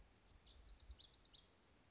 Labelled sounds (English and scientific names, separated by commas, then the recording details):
Lazuli Bunting (Passerina amoena)
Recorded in Sonoma County, California